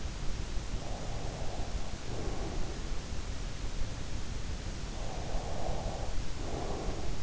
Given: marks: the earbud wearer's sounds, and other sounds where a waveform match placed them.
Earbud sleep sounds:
sounds in sleep by an in-ear microphone; breath
0.11-2.65 s: breath
5.28-7.23 s: breath

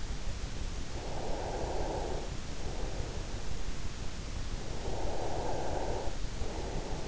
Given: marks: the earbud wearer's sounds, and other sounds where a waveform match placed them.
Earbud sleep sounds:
sounds in sleep by an in-ear microphone; breath
0.84-2.47 s: breath
4.71-7.08 s: breath

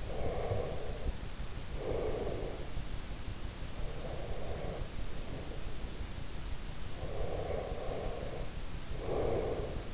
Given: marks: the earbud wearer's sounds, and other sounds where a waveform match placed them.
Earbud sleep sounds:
sounds in sleep by an in-ear microphone; breath
0.00-2.77 s: breath
7.00-9.86 s: breath

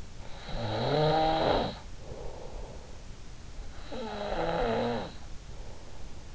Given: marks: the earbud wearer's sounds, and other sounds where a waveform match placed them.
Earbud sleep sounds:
sounds in sleep by an in-ear microphone; snoring breath
0.10-2.67 s: snoring breath
3.70-5.87 s: snoring breath

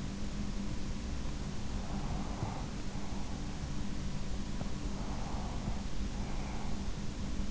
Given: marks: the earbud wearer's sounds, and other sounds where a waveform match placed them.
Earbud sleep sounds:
sounds in sleep by an in-ear microphone; breath
1.58-3.52 s: breath
4.78-6.84 s: breath

